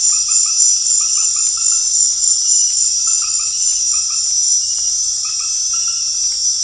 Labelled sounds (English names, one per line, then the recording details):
none
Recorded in secondary vegetation near Puerto Asís, Putumayo, Colombia, on 28 February 2025 at 19:30
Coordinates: 0.484, -76.319
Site G010